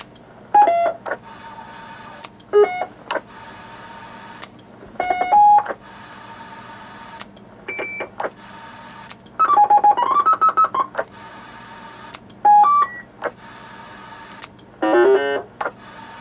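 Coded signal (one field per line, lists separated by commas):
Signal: roger beep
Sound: series of short synthesized beep melodies, about eight separate bursts with pauses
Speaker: are some of the beeps that are on here now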